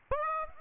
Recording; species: mosquito wingbeat signal from an infrared sensor; Aedes aegypti